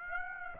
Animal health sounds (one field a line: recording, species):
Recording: mosquito wingbeat signal from an infrared sensor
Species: Aedes aegypti